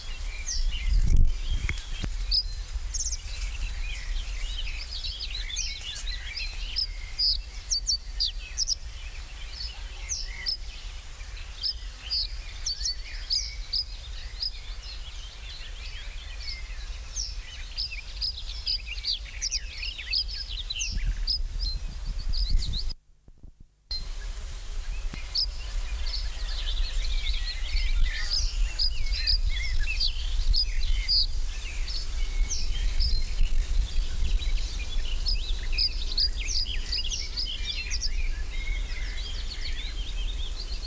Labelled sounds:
Reed Bunting song
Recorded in the wild
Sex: male
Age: adult
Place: Lübars (Fließtal), Berlin, DE
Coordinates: 52.6167, 13.35
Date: 1999-06-13 13:26
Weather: heiter, 22°C
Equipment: Sony WM-D6C, Sennheiser ME 80, Kopie Uher 4000 Report Monitor
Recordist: Tembrock, Günter

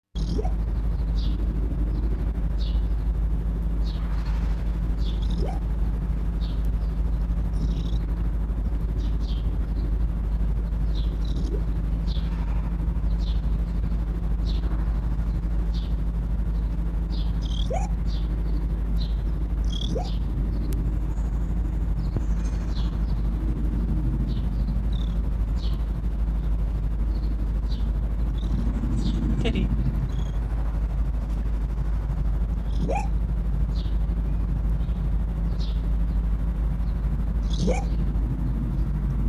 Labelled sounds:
Arctic Fox
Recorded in captivity
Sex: male
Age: adult
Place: Zoologisches Institut der HUB, Berlin, DE
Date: 1957-01-10
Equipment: Elmetra
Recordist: Tembrock, Günter
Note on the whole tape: Fuchsanlage: "Teddy": Liegt unter der Kiste, bei Annäherung des Beobachters geschlossenes Bellen, erst mit Fiepanlaut, dann z.T. auch Fiepen allein, dann Fiepanlaut-Knurranlaut-Bellen, schließlich weiches geschlossenes Bellen allein, geschnitten - 2 Teile; z.T. sehr gut

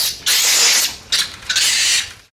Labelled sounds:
Drill
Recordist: Tembrock, Günter
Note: Abwehrlaute eines Jungtieres

